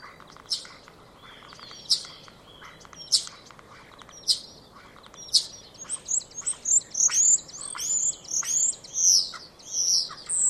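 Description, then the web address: Common starling producing spaced clicking notes roughly every second, then a run of high, sliding whistles toward the end. "Deverinetal 2025. Bird Only"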